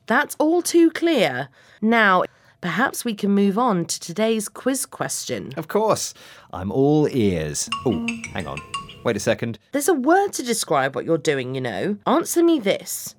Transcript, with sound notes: That’s all too clear.Now, perhaps we can move on to today’s quiz question?
Of course – I’m all ears. [sound of a smartphone] Oh, hang on, wait a second…
There’s a word to describe what you’re doing, you know.Answer me this: